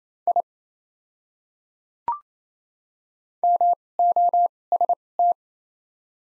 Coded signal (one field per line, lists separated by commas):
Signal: Morse code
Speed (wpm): 28 wpm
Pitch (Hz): 700 Hz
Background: none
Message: I MOST